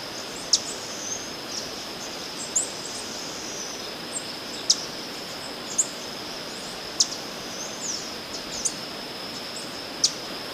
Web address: Nature Songs S America Eastern Lowlands Tangara chilensis, song and calls